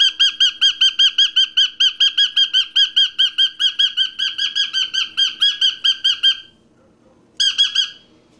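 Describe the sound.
Parrot calling in a long run of sharp, ringing squawks, stopping briefly before a short final burst; otherwise quiet.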